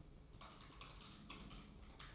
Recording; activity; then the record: daily activity, microphone in the room; typing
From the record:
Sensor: 1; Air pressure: 995.3 hPa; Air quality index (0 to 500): 28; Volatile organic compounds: 1 ppm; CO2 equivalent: 541 ppm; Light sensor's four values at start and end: 14/49/17/18 and 14/49/17/18